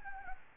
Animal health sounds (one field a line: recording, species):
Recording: mosquito wingbeat signal from an infrared sensor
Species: Anopheles gambiae